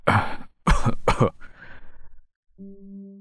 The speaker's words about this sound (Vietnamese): Bác … vừa lên tiếng đã ho khụ khụ, hít thở khó khăn.